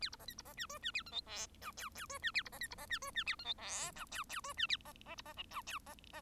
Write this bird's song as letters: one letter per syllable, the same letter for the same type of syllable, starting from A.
A B C D B C E F E A G H I J K K F E A B C D B C E F E A G H I J K K F E A C C B C L J K C C